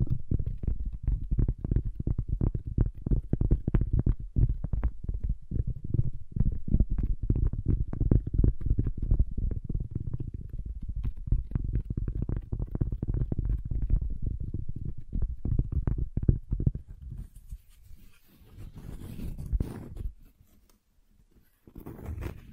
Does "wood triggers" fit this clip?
yes